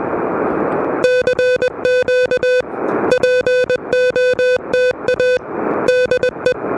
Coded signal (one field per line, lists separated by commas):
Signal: Morse code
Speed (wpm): 20 wpm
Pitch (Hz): 500 Hz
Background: music, radio noise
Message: CQ POTA DE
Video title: Low-Profile QRP: A Relaxed (But Noisy) CW Activation at Parc des Moulins!